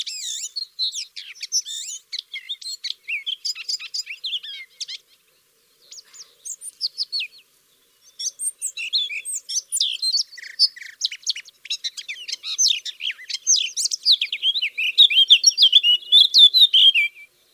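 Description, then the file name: Eurasian blackcap giving a quick series of high chirps and twittering notes, briefly pausing, then resuming in a denser warbling run. "Sylvia atricapilla"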